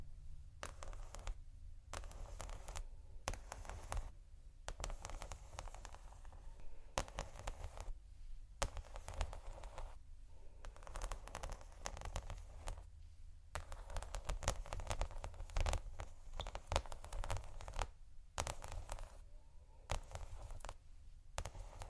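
Slow scratching and tapping on textured surfaces, made of bursts of crisp, gritty rasps separated by short pauses. The strokes come roughly every second or two, some sharp and bright, others duller, over a low steady rumble underneath.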